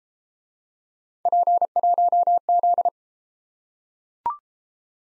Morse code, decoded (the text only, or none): P1Z